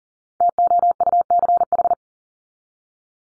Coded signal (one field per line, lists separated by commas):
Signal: Morse code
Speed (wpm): 40 wpm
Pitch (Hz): 700 Hz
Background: none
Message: TOUCH